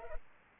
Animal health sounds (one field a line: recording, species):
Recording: mosquito wingbeat signal from an infrared sensor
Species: Culex pipiens